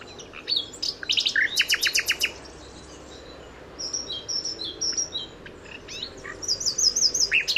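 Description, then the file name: Common nightingale singing: a fast run of sharp repeated clicking notes, then a pause followed by varied whistled phrases and a high rapid series near the end. "Luscinia megarhynchos"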